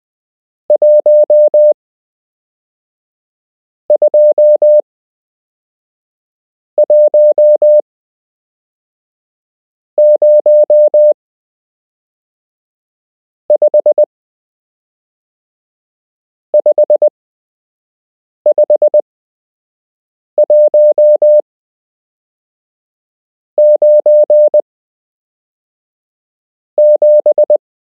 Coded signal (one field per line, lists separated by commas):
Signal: Morse code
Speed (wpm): 20 wpm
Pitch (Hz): 600 Hz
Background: none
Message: 12105 55197